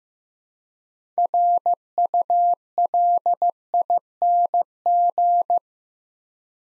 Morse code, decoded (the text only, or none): RULING